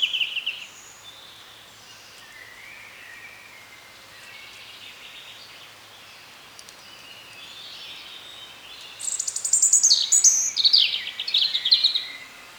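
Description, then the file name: European robin giving quiet, scattered warbles before a loud run of high, shrill twitters and sliding notes in the final few seconds. "Erithacus rubecula"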